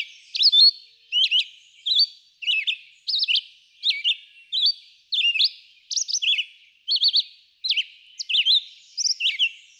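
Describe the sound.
Red-eyed vireo song: short slurred whistled phrases, repeated about once a second with brief pauses, no other sounds.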